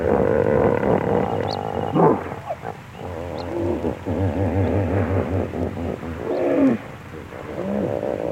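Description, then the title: Hippopotamus snorting and grunting, with deep pulsing rumbles, wheezy honking bursts and rasping exhalations. Snorting, by a river. "HIPPO, BY RIVER, SNORTING, ANIMAL, VERSION 1. DIGIFFECTS. Elephants, Hippos & Rhinos"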